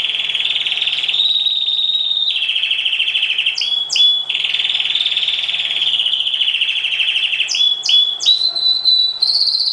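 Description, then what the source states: Oriental magpie-robin delivering an almost unbroken buzzy trill, broken by brief high whistles, with a faint low hum in the background. Chirping song.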